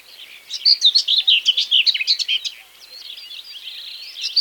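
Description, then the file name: Common whitethroat delivering one fast, grating, warbled phrase of mixed chirps, then quieter twitters before a final sharp note. "slavka seraja"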